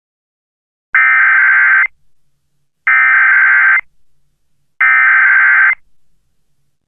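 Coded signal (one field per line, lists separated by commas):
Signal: Emergency Alert System (SAME) tones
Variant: header bursts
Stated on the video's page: Fake fan-made mock EAS tornado warning for Fayetteville, NC, not a real alert.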